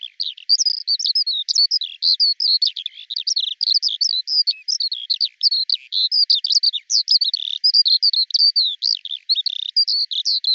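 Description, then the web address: Eurasian skylark delivering loud, rapid, high warbling notes in a continuous flowing stream. "cianscape birddata Deverinetal 2025 Bird Al Ar"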